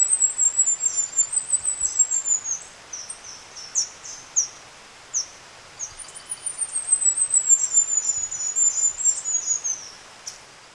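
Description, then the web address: Golden-eyed flowerpiercer song: two long, very high, fast twittering series that slowly descend, each lasting several seconds, with a short gap of scattered high chips between them. Recorded in Ecuador. "Birds of Ecuador Golden-eyed Flowerpiercer"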